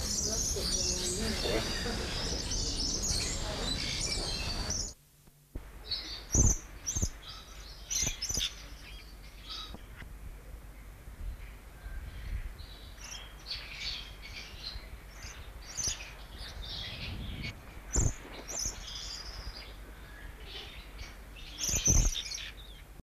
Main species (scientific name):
Neopsittacus musschenbroekii